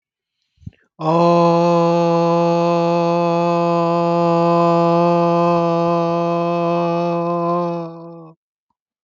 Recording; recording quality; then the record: sustained vowel as in boot; excellent, no background noise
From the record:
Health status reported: healthy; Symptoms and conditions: cough, hypertension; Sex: male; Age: 39 years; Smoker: not ticked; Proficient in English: yes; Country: India